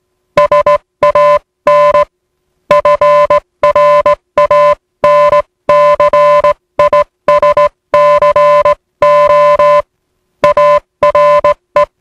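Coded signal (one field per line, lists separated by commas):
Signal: Morse code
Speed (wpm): 18 wpm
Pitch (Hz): 590 Hz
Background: music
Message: SAN FRANCISCO ARE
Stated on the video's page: Spoof recreation of a TTT safety message in the style of USCG coast station NMC on 500 kHz.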